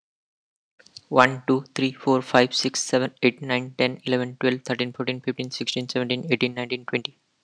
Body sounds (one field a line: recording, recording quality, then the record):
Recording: counting at a fast pace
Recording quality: excellent, no background noise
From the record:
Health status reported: healthy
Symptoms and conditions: none ticked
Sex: male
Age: 28 years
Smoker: not ticked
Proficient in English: yes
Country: India